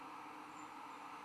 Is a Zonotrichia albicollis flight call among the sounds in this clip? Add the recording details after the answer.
no. No flight call is heard. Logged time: 23:18 on 15 December 2014